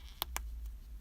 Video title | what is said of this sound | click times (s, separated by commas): Trolls -- Club Crochet | a very satisfying click both of those for something like I was cracking my back alright | 0.2 s, 0.4 s